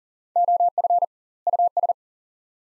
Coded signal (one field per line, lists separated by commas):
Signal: Morse code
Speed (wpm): 40 wpm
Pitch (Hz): 700 Hz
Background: none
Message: OF US